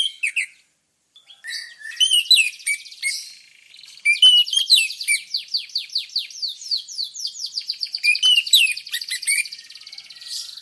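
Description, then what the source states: Orange-headed thrush delivering a long, fast, continuous stream of sharp chirps and varied notes, nearly unbroken after a short early pause. Lure sound meant to prompt a thrush to sing vigorously; bird in full song.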